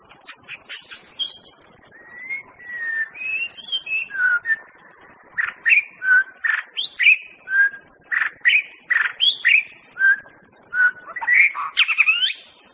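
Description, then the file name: White-rumped Shama song: a sustained, varied stream of fluty whistles, slurred loops and sharp chips in quick phrases repeated without pause, over steady high hiss. Wild forest bird. "suara muraibatu hutan. omkicau"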